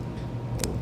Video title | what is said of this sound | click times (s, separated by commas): INSTALLING SPARCO HARNESS | that loop around the harness, and it attaches into there and snaps right into this little clip. | 0.6 s